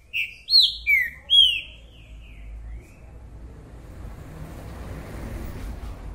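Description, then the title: Green-winged saltator song: a short burst of four loud, slurred whistled notes followed by a few fainter ones, then only a low rumbling background hiss for the remaining seconds. Male singing and calling in a territorial dispute; described as a repeater that sings one song after another. "TRINCA Piando, Cantando E Macheando Na DISPUTA. TRINCA FERRO REPETIDOR !! UM CANTO ATRÁS DO OUTRO!!! TRINCA FERRO MERCENARIO!"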